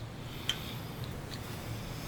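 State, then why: Seated. A plastic battery housing is set back into the grip frame of a Dye MXR paintball marker so its lip seats. A sharp click at 0.5 s marks it popping into place, though it goes in more like a slide, followed by two fainter taps near 1.0 and 1.3 s over a low background hum. The housing is seated.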